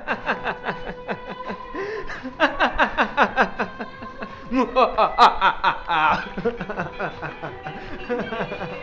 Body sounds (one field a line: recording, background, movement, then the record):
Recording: laughter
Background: music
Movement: walking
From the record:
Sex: male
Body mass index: 21.0 kg/m2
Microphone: on the chest, facing outward